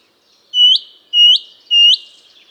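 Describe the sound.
Bird calls: three loud upslurred whistles, each rising sharply at the end.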